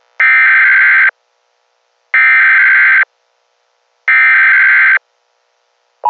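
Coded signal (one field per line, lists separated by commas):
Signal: Emergency Alert System (SAME) tones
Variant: header bursts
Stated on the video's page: Fictional EAS scenario about a zombie apocalypse, not a real alert.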